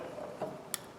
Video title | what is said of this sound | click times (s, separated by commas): Restoring breaker bars! | there it is Click | 0.7 s